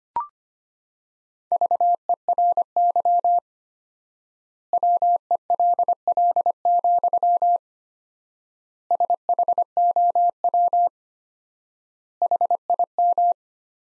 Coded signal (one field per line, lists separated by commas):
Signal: Morse code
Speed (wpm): 25 wpm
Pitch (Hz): 700 Hz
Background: none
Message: VERY WELL, SHOW HIM